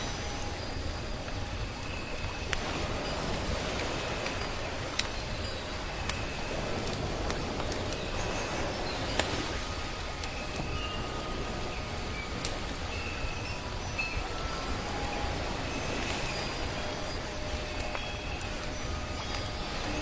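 Soft waves wash in a steady, even rumble under crackling firewood, with sharp pops and snaps at around five and nine seconds and scattered smaller clicks throughout. Brief high bird chirps and whistles come and go over the constant low wash.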